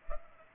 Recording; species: mosquito wingbeat signal from an infrared sensor; Culex pipiens